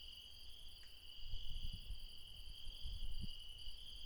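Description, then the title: Insects trill steadily at a high pitch throughout, with a few low thumps in the middle. Insects calling late at night in the mountains at Refuge Krevatia, Dion, Greece. "Refuge Krevatia, Μπαρμπαλά, Dion 601 00, Greece - Late night mountain insects"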